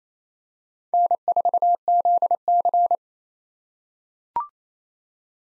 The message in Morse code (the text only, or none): N4ZC